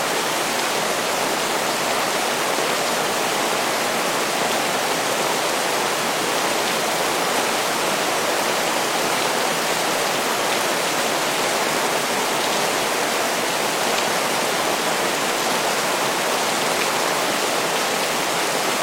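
Calm, steady rain hisses evenly throughout, a dense wash of fine drops that stays bright and unchanging, with almost no low rumble.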